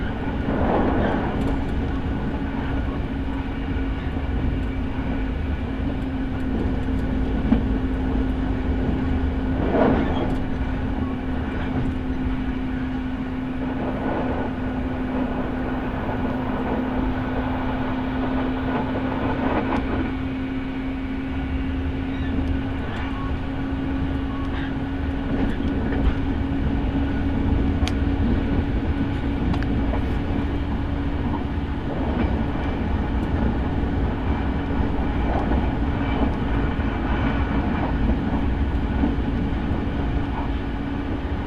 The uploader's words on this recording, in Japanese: 耳で楽しむ鉄道旅 日豊本線特急ソニック6号 柳ヶ浦→小倉。